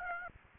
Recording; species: mosquito wingbeat signal from an infrared sensor; Aedes aegypti